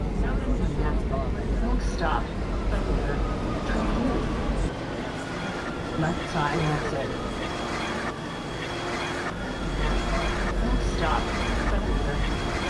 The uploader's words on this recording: The original recording of the Metro ride in Rome is very specifically located while also having echoes of travel that are characteristic of cities around the world.